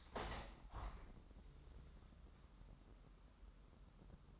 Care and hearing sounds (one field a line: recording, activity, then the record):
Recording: daily activity, microphone in the room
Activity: open window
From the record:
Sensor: 3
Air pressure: 997.9 hPa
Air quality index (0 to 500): 138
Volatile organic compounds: 4 ppm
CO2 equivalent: 1650 ppm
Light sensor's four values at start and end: 14/41/16/15 and 14/41/17/15